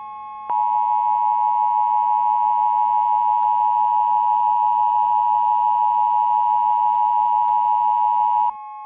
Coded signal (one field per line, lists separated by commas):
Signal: Emergency Alert System (SAME) tones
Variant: 853 and 960 Hz attention tone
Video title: JTK Rampage (EAS Scenario)